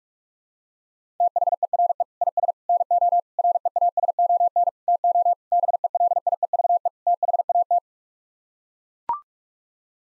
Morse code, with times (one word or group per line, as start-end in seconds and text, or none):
1.2-2.0 THERE
2.2-2.5 IS
2.7-3.2 NO
3.4-4.7 REASON
4.9-5.3 TO
5.5-6.9 BELIEVE
7.1-7.8 THAT